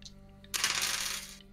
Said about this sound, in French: Tous les dés qui ont été entre 2 et 5, tu les relances.